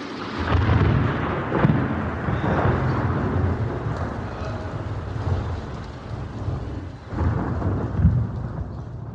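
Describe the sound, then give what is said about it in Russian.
A thunderstorm breaking over an open field, with deep, rolling thunder rumbling steadily over a hiss of rain, with a few louder swells of thunder and no voices. “Шел он однажды через незнакомое поле, и вдруг разразилась гроза.”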